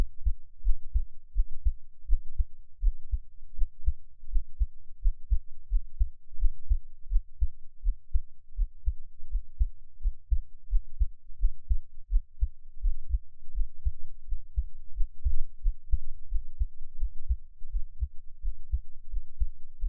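Soft, regular low thumps of an adult's own heartbeat, about 86 beats a minute, picked up close with an NT5 microphone.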